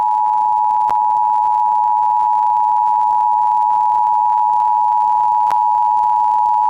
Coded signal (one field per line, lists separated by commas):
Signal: Emergency Alert System (SAME) tones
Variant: 853 and 960 Hz attention tone